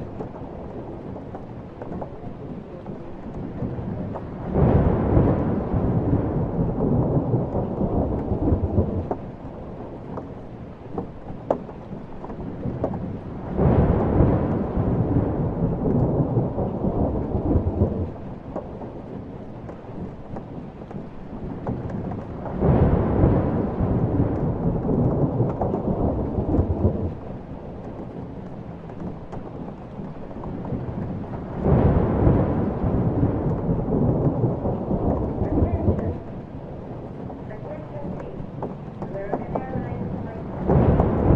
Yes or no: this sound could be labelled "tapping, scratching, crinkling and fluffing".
no